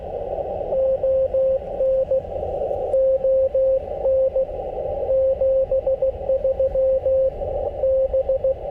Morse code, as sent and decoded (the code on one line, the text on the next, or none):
--- -. / --- -. / --... ...-- / -...
ON ON 73 B